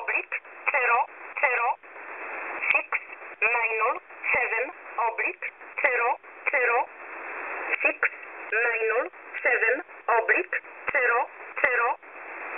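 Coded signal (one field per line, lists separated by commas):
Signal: numbers station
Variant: E11 Oblique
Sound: short evenly spaced spoken words, likely numbers, through narrow shortwave radio audio with hiss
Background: radio static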